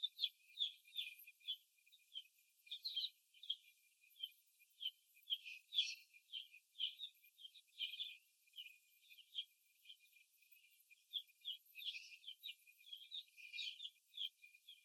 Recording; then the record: young laying hens in a cage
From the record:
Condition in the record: after the stressor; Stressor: simulated dog barking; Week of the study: 1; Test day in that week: 2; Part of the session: 3